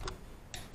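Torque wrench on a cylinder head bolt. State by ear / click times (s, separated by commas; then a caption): torque reached / 0.5 s. A click-type torque wrench tightens a cylinder head bolt. After a faint tick near the start, the wrench breaks over with a sharp click at 0.5 s, reaching its 15 ft-lbs setting.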